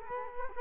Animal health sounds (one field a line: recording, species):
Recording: mosquito wingbeat signal from an infrared sensor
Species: Culex quinquefasciatus